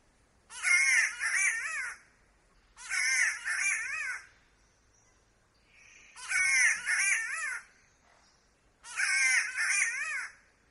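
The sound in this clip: Black-eared catbird giving four harsh, nasal, wavering wails, each about one and a half seconds long, repeated roughly every two to three and a half seconds with quiet gaps between.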